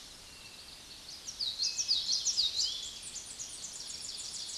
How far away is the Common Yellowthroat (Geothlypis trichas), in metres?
about 15 m